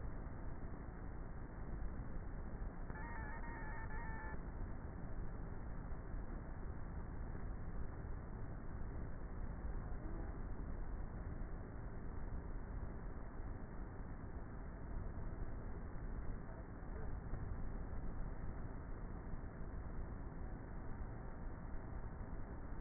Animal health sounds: honeybee colony, microphone inside the hive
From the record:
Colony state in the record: queenless with a low population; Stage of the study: before two queens were removed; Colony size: about 30,000 bees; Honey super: no

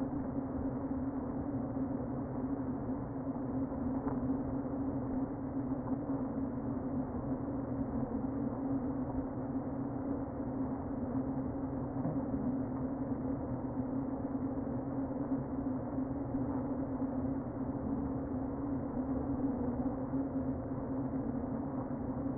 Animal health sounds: honeybee colony, microphone inside the hive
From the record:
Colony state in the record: queen present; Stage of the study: before two queens were removed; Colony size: about 60,000 bees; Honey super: yes

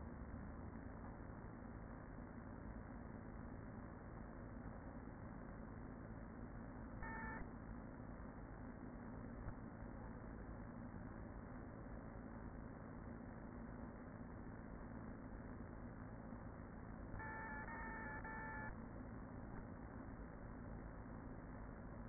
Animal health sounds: honeybee colony, microphone inside the hive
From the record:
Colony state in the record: queen present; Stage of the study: after two queens were removed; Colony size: about 40,000 bees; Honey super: no

